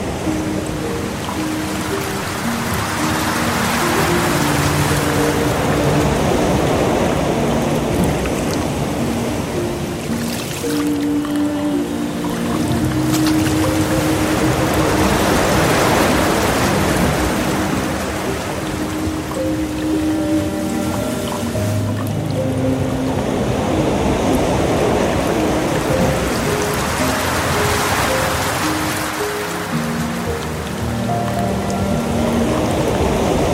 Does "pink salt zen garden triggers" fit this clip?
no